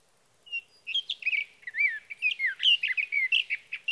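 Sage thrasher with a fast, tumbling warble of clear whistles and downward slurs, continuous for about three seconds over light background hiss.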